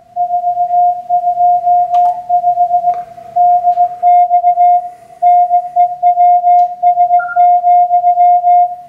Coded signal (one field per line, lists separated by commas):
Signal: Morse code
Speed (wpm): 18 wpm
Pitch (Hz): 710 Hz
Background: none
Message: 425 DX NEWS,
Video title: W1AW code practice session